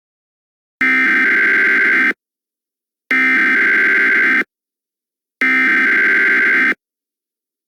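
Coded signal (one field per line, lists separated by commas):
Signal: Emergency Alert System (SAME) tones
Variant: header bursts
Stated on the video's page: Fictional EAS scenario, a simulated alert.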